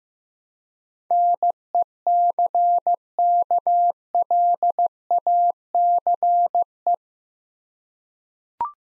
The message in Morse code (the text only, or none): NECKLACE